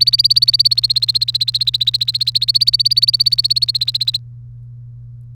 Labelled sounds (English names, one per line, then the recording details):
Domestic Canary song
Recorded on 30 April 2018 at 16:38
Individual llb3